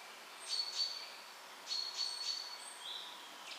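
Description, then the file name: Eurasian wren calls: two brief clusters of sharp, very high notes, then a softer, slightly lower note near the end, over a quiet background. "Troglodytes troglodytes"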